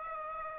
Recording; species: mosquito wingbeat signal from an infrared sensor; Aedes aegypti